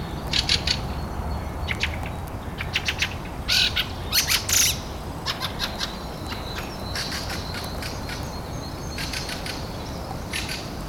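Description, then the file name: Fieldfare song: bursts of harsh, squeaky chattering notes in quick clusters, loudest in the first half, then softer scattered chatter over steady background noise. Recorded 25 April at 4:30 in the morning. "Drozd-ryabinnik - 25 aprelya 4 30 utra"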